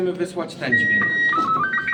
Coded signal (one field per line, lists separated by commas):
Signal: SSTV (slow-scan television)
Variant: Robot 36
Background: speech